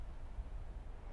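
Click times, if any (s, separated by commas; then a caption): none. A McQueen folding knife from Die Free Co., with a CPM 4V steel blade, a 25° continuous edge and a pull-down release, is handled as its blade is brought up to open so the steel lock can engage in the handle. Only a steady low, wind-like rumble is heard, with no distinct click. The blade lock has not clicked into place yet.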